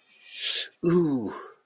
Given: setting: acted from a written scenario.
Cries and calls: vocal sound without words; pain

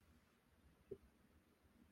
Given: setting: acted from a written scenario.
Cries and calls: vocal sound without words; elation

